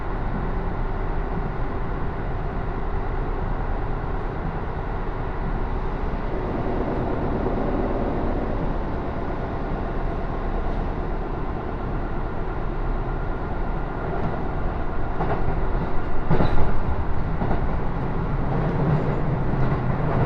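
A local train runs steadily, heard from inside the carriage: a dense, even rumble of wheels and motor fills the low end. Near the end, from about 15 seconds, a few clacks and knocks break through and the sound swells briefly.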